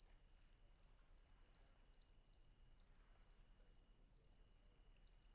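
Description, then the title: Cricket giving brisk high chirps, closely spaced at around two and a half per second, above a steady thin background tone. Night atmosphere at Vagia, Patmos, Greece; recorded with Fostex FR-2 and MKH800 microphone. "Patmos, Vagia, Griechenland - Nachtsimmung 03, Grillen"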